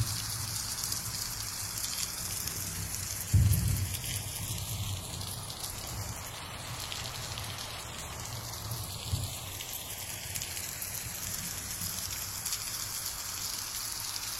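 Steady, soft rain hisses throughout, with a low rumble of thunder swelling around three seconds and a fainter one near nine.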